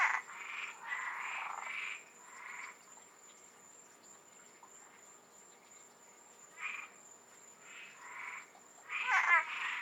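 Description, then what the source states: Frogs giving nasal croaks in bursts at the start and end, with quieter gaps between, over a constant high-pitched whine. Frogs in the Florida Keys.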